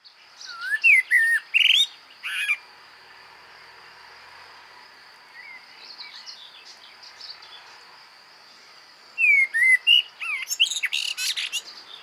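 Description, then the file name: Common blackbird song phrases: fluty warbled whistles ending in shrill twitters, a quieter stretch with faint song, then another loud phrase, with a steady high background whine. "Turdus merula"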